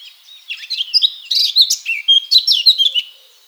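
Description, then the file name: Eurasian blackcap song, a continuous rapid warble of varied twittering notes and short fluty slurs, building in loudness and fading out after about three seconds. "Sylvia atricapilla"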